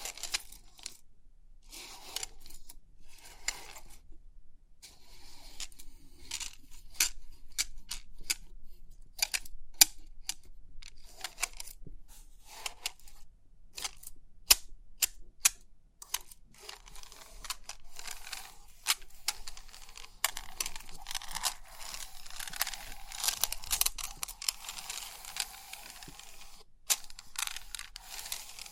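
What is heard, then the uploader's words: Crisp pin art tingles: dense, irregular bright clicks and ticks run through the whole clip, some sharp and isolated, others clustered into quick rattling bursts. A faint low hum sits underneath, and around twenty seconds the clicking thickens into a fuller, busier patter. Crisp 3D Pin Art Tingles(No Talking).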